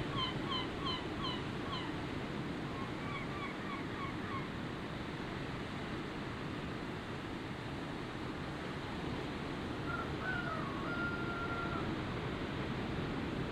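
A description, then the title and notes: Waves pound and wash in a steady, dense roar that fills the low and middle range without letup. Early on, a quick run of repeated bird calls sounds twice over the surf, and near ten seconds a single drawn-out call rises and levels off. The Pacific at Muxía Point. Waves pounding and pooling at the end of the world. Ambient sound recorded along del Norte, the northern coastal route of the Camino de Santiago network of pilgrimage paths converging in Spain. These tiny meditations are made with binaural microphones.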